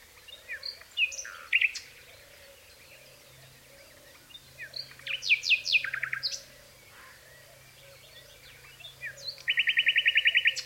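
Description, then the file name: Common nightingale song: three bursts of rich, varied notes, including sharp buzzy clusters and a rapid even trill of repeated notes at the end, over a low steady hum. "Luscinia megarhynchos"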